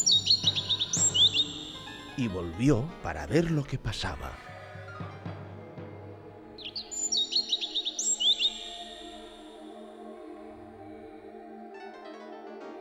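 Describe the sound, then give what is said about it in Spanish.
A small bird in a cage being taken down from a wall chirps in quick, high-pitched bursts, two clusters of rapid tweets separated by a short stretch of someone speaking, with a low hum underneath. A gold ring is tied to one of its legs. “Vio a la bruja descolgando una jaula de la pared en cuyo interior había un pájaro.”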